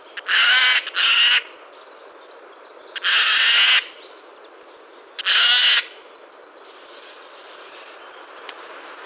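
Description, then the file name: Eurasian jay uttering three harsh, noisy screeches about two and a half seconds apart, the first one doubled, over quiet background bird twittering. "Garrulus glandarius"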